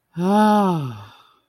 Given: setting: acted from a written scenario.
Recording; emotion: vocal sound without words; ecstasy